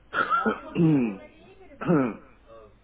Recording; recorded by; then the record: voluntary cough; telephone call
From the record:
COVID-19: negative